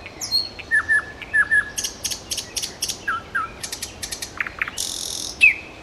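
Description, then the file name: Nightingale singing: short whistled notes, then rapid clicking strokes and a loud, high buzzy burst, ending on a sharp whistled note. "solovejj"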